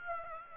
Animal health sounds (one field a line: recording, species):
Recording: mosquito wingbeat signal from an infrared sensor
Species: Aedes aegypti